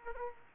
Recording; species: mosquito wingbeat signal from an infrared sensor; Aedes aegypti